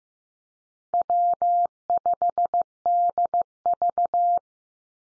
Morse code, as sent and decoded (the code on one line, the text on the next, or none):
.-- ..... -.. ...-
W5DV